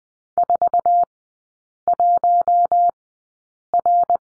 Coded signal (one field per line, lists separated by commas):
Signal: Morse code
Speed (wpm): 20 wpm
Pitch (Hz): 700 Hz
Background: none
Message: 41R